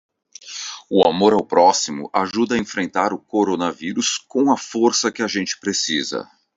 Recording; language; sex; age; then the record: spoken sentence; Brazilian Portuguese; male; 40 to 49 years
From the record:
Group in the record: control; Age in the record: 43 years